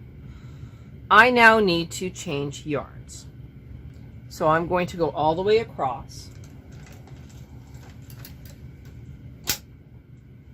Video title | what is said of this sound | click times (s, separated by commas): KRC 900 day 1 | now you heard that click | 9.5 s